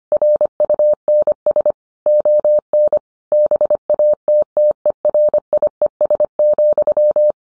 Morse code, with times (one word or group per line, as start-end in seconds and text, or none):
0.1-1.7 RUNS
2.1-3.0 ON
3.3-7.3 BATTERIES,